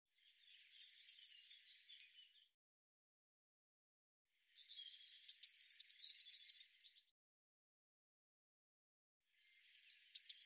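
Eurasian blue tit repeating a high, thin introductory note sequence that runs into a quick ringing trill, heard twice in full and once more as it begins.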